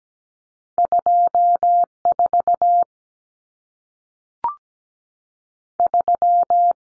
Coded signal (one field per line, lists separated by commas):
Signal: Morse code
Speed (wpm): 17 wpm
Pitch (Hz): 700 Hz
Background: none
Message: 24 3